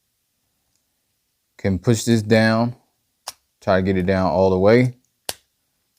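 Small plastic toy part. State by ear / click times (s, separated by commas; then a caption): seated / 5.3 s. Someone talks while pushing a plastic panel of an X-Transbots MX-27 Janssen (MP scale Perceptor) transforming robot toy down into its locked position on the toy's body. A sharp snap at 5.3 s shows the panel is fully seated, so the next part can lie flat.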